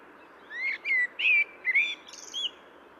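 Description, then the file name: Common blackbird singing one brief phrase of rich, whistled fluty notes that ends in a thin, high squeaky flourish over faint background hiss. "Turdus merula"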